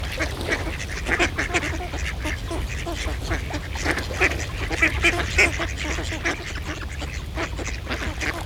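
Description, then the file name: Ducks quacking in quick, overlapping bursts, a flock calling together over low background noise. Ducks in a pond. "Eenden in een vijver - Sound Cloud - Beeld en Geluid"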